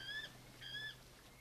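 bird, bird cry

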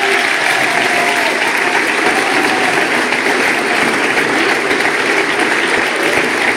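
crowd, audience applauding

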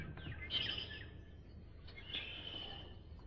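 bird, small bird singing

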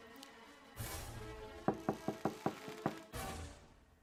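household object, knocking on a door

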